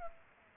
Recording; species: mosquito wingbeat signal from an infrared sensor; Culex pipiens